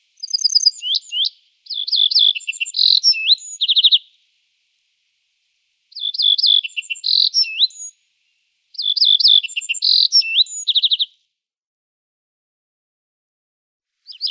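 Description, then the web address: Little bunting song: three fast jingling phrases of high varied notes and short trills, separated by short pauses, with the start of a fourth phrase at the end. "Schulze Peter Little Bunting"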